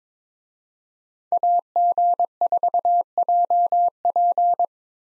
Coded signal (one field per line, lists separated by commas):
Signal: Morse code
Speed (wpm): 22 wpm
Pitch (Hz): 700 Hz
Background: none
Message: AG4JP